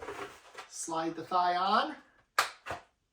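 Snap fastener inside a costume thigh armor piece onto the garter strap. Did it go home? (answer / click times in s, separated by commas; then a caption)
yes / 2.4 s. Someone talks while a plastic stormtrooper thigh armor piece is slid onto the leg. At 2.4 s, the snap fastener inside the thigh piece is pressed onto the matching snap on the garter strap, giving one sharp snap. The snap is seated and the armor clicks onto the garter.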